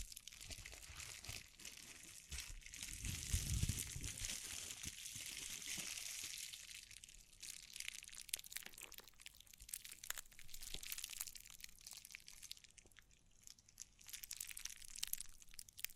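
Dense crinkling and brushing with quick scratchy taps throughout, a low thump near four seconds, then sparser, sharper clicks toward the end.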